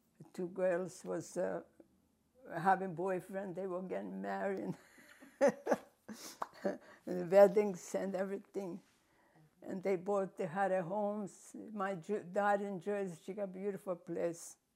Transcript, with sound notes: two girls was having boyfriend, they were getting married. (laughing) Weddings and everything, and they bought, they had a homes, my J-, daughter in Jersey, she got beautiful place.